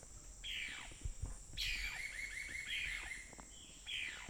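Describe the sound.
Bird calls: sharp notes sweeping downward and a rapid chattering run, coming in four bursts over about four seconds, with a steady high hiss behind.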